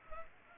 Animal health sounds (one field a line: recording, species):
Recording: mosquito wingbeat signal from an infrared sensor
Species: Culex pipiens